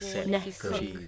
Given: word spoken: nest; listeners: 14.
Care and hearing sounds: one English word in noise, from a listening test; four-talker babble; 0.7 dB; 5 of 14; 6 of 14; 0.68 s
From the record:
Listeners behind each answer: 6, 5, 2, 1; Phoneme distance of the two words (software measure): 17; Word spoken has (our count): 1 syllable, 4 phonemes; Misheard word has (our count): 1 syllable, 3 phonemes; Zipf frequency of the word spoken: 4.40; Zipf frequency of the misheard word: 4.65

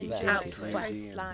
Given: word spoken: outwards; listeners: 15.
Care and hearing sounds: one English word in noise, from a listening test; four-talker babble; 0.1 dB; 0 of 15; 8 of 15; 0.94 s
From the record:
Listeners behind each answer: 8, 3, 1, 1, 1, 1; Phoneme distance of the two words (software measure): 28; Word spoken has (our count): 2 syllables, 6 phonemes, stress on syllable 1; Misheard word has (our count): 1 syllable, 2 phonemes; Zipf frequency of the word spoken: 3.15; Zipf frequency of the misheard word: 6.48

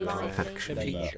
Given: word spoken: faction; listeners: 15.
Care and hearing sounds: one English word in noise, from a listening test; four-talker babble; -2.6 dB; 1 of 15; 6 of 15; 0.78 s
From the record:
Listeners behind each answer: 6, 3, 2, 2, 1, 1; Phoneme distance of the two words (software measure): 7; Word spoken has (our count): 2 syllables, 5 phonemes, stress on syllable 1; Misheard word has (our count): 2 syllables, 4 phonemes, stress on syllable 1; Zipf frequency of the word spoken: 2.87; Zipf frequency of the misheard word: 5.09

